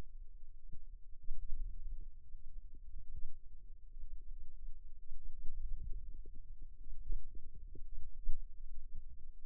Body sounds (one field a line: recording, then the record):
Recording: forearm muscle sounds (acoustic myography)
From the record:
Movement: wrist flexion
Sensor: system 2, bracelet of six BSWA MPA416 microphones around the upper forearm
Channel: 5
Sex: female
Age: 22 years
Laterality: right